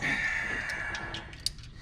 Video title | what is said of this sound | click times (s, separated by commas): blazer carburetor to fuel injection | Just got to get it click click until it clicks and then you're set. | 1.5 s